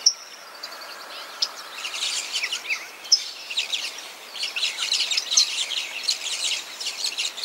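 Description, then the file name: Maroon-bellied parakeet, continuous scratchy high chatter, thickening after two seconds and running steadily to the end. "canto da tiriba de testa vermelha"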